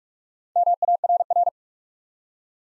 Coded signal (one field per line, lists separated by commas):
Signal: Morse code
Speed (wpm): 44 wpm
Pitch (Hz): 700 Hz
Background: none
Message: MARR